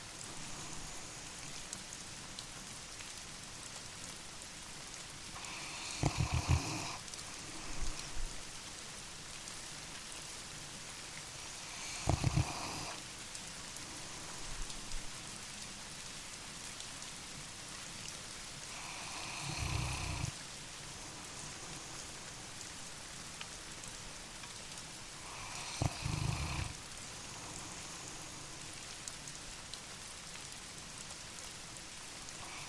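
Warm rain patters steadily on a roof, with louder drumming bursts every six seconds or so, near 6, 12, 20 and 26 seconds.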